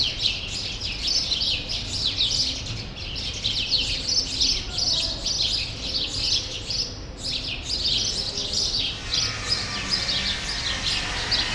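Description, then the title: Dense sparrow chatter, continuous overlapping chirps from many birds, briefly thinning near the middle before resuming, over low background noise. Sparrows still present in a small remaining part of a once large grove, Rue Saint-Jean Népomucène, Brussels, Belgium; recorded with Earsight V2 AB microphones into a Zoom F3. "Rue Saint-Jean Népomucène 13, 1000 Bruxelles, Belgique - Sparrows - Moineaux"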